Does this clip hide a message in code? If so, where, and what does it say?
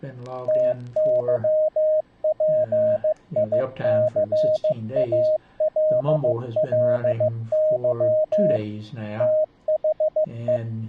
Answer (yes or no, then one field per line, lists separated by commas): yes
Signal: Morse code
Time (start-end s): 0.5-10.6 s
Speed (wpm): 15 wpm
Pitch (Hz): 620 Hz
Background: speech, radio noise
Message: TYPICALLY THE